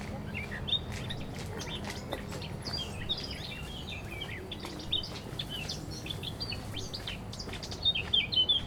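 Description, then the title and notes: Eurasian blackcap song, a rapid run of varied warbling notes with clear fluting phrases, higher loud bursts near the end, over low steady background hum. Singing in a large maple beside a path in a garden, Aix-les-Bains, Savoie, France. "dans le Jardin Vagabond , les passants et le chant d'une fauvette à tête noire"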